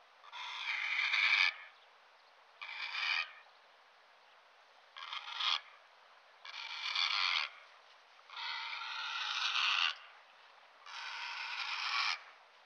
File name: heron cendre